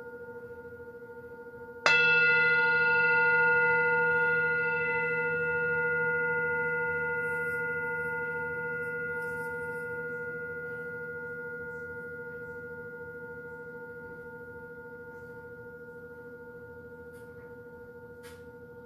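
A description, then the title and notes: A gong is struck once, about two seconds in, after a quiet hiss. The ringing starts bright with many shimmering overtones, then settles into a few steady, pure tones that hum and fade very slowly, still sounding at the end. Faint clicks appear near the close. Healing with Gong. Julie Jewels Smoot, a skilled sound alchemist, expertly plays the gong to create a harmonious and soothing atmosphere.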